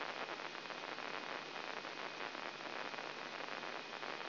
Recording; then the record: brain microelectrode recording played as sound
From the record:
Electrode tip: inside the subthalamic nucleus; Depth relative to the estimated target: -4 mm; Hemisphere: left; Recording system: AlphaMap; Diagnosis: Parkinson's disease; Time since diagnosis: 9 years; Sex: male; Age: 66 years